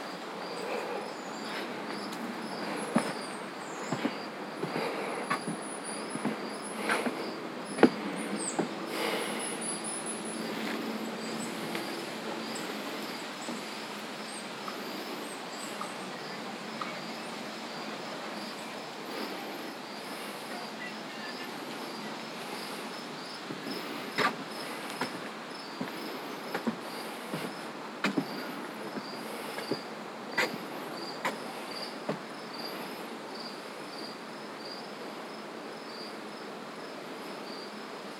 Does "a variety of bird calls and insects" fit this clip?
yes